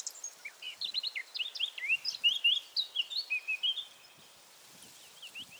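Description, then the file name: Eurasian blackcap warbling: a quick run of varied twittering and whistled notes for about four seconds, with steady background hiss. "Sylvia atricapilla"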